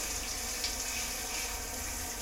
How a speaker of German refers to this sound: Verstehe dich nicht, das Wasser ist zu laut.